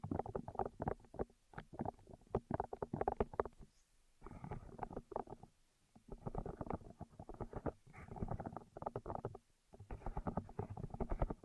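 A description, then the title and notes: Intense ear triggers with no talking: dense bursts of crackly, muffled rubbing and tapping, mostly low and warm in tone. The sound comes in clusters of a second or two, broken by brief silent pauses around four, six, and nine seconds. ASMR 10 Levels of Intense Ear Triggers (No Talking).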